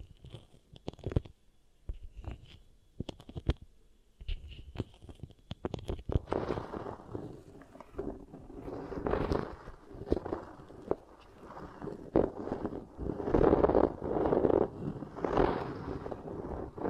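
Beeswax ear triggers: sticky, crackling squishes and taps, sparse and separated for the first six seconds, with a faint steady tone behind them. After that the squishing turns dense and continuous, rising and falling in loudness through to the end.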